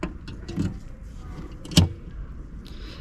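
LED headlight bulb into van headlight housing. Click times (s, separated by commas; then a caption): 1.8 s. An H7 Osram Night Breaker LED replacement bulb is pushed into the headlight housing of a Fiat Ducato van, its small metal tab lined up with the lower slot. After some faint handling noises, a sharp click rings out at 1.8 s, showing the bulb is seated fully in position.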